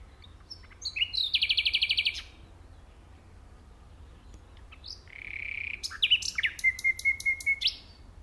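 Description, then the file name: Common nightingale song: a fast rattling trill of repeated notes, a pause, then a varied burst ending in a run of evenly spaced piping whistles. "Luscinia megarhynchos"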